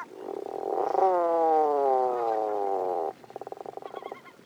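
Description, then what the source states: Tufted Puffin call: a drawn-out, low, harmonic moan lasting nearly three seconds, followed by a quieter rapid pulsing rattle. Lives on remote cliffsides and islands away from people.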